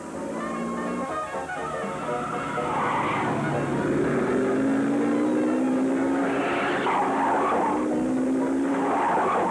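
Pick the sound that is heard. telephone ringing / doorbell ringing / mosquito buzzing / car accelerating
car accelerating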